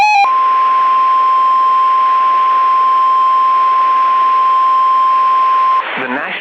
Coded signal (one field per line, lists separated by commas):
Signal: Emergency Alert System (SAME) tones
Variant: 1050 Hz attention tone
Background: speech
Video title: [EAS RECREATIONAL] how is this even possible gng 🫩